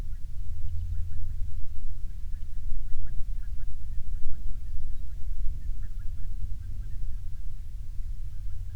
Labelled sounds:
waterfowl, wind, aircraft
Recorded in the Prudhoe Bay oil fields, Alaska, on 21 June 2019 at 09:41
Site 22

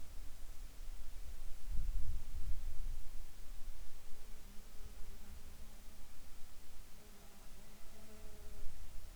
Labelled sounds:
wind, insects
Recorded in the Arctic National Wildlife Refuge, Alaska, on 7 July 2019 at 19:32
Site 41

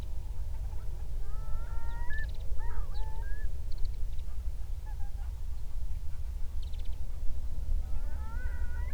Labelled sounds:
songbird, loon, wind
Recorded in the Prudhoe Bay oil fields, Alaska, on 31 July 2019 at 08:16
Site 24

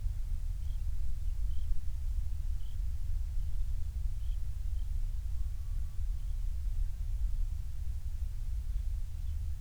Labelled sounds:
songbird, wind
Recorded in the Prudhoe Bay oil fields, Alaska, on 28 July 2019 at 05:25
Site 25

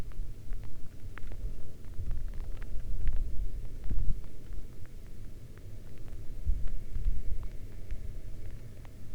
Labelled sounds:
rain
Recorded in the Arctic National Wildlife Refuge, Alaska, on 11 August 2019 at 22:33
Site 40

